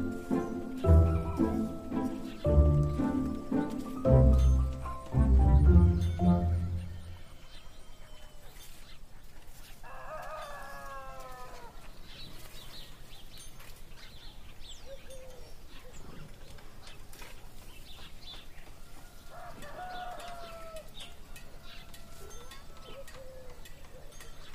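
Birds sing and farm animals call amid a town's working sounds. The first seven seconds are loud with heavy, rumbling knocks and clatter, then it drops to a quieter steady hum where a rooster crows around ten and twenty seconds, with scattered chirps and clucks.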